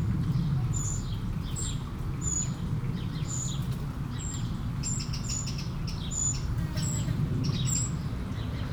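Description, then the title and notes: Eurasian blackbird uttering high, piercing call notes in an uneven series, some faint extra chirps between, with a running stream rumbling low. One blackbird beside a small stream in Aveize, France, 12 July 2017; recorded with DPA-2006c microphones in AB position into a MixPre-3. "69610 Aveize, France - Merle - Blackbird. 20170712-Merle et ruisseau. Bord de ruisseau, un merle, quelques mouches, des avions au loin"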